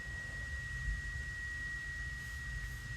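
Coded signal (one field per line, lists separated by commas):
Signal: FT8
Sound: a single steady pure-sounding tone, unchanging for three seconds, over low hum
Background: low hum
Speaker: sending a report of plus three waiting for report transmitting uneven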